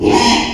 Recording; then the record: squeal of a Yucatan mini pig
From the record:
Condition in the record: after surgery on the right vocal fold (resection and tissue-engineered implant); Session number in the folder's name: 2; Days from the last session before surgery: 13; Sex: male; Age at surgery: 12 weeks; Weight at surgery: 13 kg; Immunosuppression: cyclosporine, prednisolone